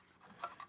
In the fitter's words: rotate it clicks into place